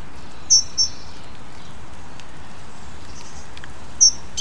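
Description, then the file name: Great tit calls: a pair of short, thin, high notes early on, then one more high note near the end, over a steady low rumble. "Parus major"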